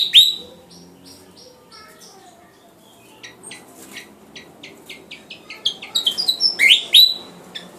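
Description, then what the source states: Flycatcher song: a sharp opening note, then steady soft high ticks that quicken and rise in volume into loud downslurred whistles near the end. Sikatan Jawa, described as gacor (singing vigorously); kipasan style.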